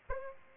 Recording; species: mosquito wingbeat signal from an infrared sensor; Aedes albopictus